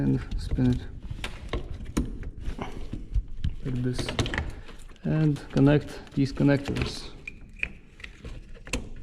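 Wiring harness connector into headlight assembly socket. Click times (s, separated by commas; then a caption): 7.6 s. Someone talks while a wiring harness connector is pushed into the socket on the back of a headlight assembly being reinstalled on a 2017-and-newer Chrysler Pacifica, with scattered light handling taps throughout. A sharp, short click at 7.6 s marks the connector latching, and it is seated.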